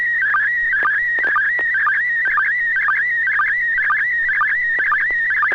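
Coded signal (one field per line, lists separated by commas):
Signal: SSTV (slow-scan television)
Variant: PD120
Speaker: um Bob are you ready to transmit okay this is uh pd-120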